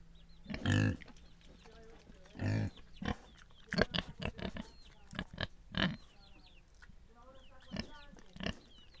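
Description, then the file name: Pig grunts, two longer throaty ones early on, then shorter snorts and clicks. Pigs in Viñales. "pigs in Vinales"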